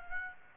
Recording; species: mosquito wingbeat signal from an infrared sensor; Aedes aegypti